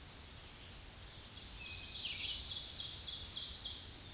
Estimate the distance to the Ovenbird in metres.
about 20 m